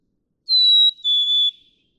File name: Black-capped Chickadee